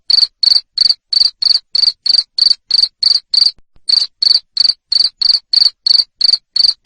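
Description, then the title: Cricket chirp series: sharp, high pulsed bursts repeated evenly about three times each second, with one brief break. Loud cricket chirping used to stimulate lovebirds into continuous singing. "Suara JANGKRIK NGERIK Keras Bikin LOVEBIRD Jadi NGEKEK Terus"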